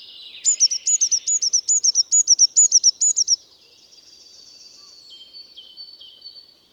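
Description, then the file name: Eurasian blue tit delivering one long string of bright, high double notes, steady and rapid, then thin, drawn-out whistles of other birds. "Cyanistes caeruleus"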